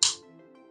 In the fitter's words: can hear a beautiful little click there and yeah this thing is just not going to fall out anytime